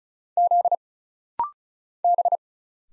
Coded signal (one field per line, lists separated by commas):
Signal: Morse code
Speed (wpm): 36 wpm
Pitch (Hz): 700 Hz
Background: none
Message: Z B